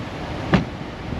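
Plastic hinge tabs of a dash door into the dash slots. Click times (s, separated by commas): 0.5 s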